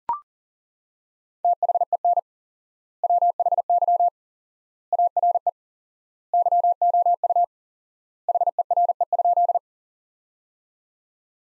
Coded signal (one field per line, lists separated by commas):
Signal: Morse code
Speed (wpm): 37 wpm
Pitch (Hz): 700 Hz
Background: none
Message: THEN WHY ARE YOU HERE?